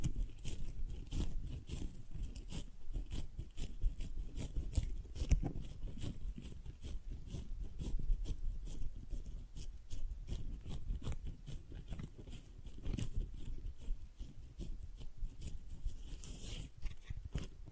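Flower sounds: a dense, steady run of soft crunchy crackles and rustles, like stems and petals being handled and crushed. Quick crisp clicks come every fraction of a second throughout, over a low rumbling bed, with a brighter burst of crinkling near sixteen seconds.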